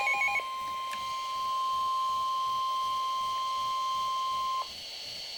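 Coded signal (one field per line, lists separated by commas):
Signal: Emergency Alert System (SAME) tones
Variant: 1050 Hz attention tone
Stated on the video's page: Three flood warnings broadcast on NOAA Weather Radio.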